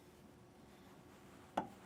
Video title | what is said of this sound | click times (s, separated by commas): etrailer - Curt T-Connector Vehicle Wiring Harness Complete Installation - 2024 Jeep Grand Cherokee | and get it to pop into place now you can get your wire all tied up | 1.6 s